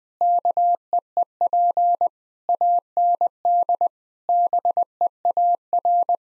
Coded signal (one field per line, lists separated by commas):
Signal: Morse code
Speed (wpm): 21 wpm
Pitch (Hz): 700 Hz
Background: none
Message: KEEP AND BEAR